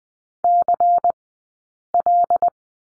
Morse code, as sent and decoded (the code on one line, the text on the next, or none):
-.-. .-..
CL